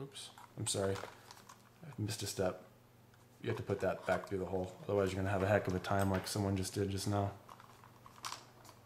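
Someone talks while handling the plastic parts of a ResMed Quattro FX full face CPAP mask, working to push the mask clips into the mask frame so both clips seat at the same moment. A few small, sharp handling taps and knocks are heard between the speech. Nothing has seated or clicked yet.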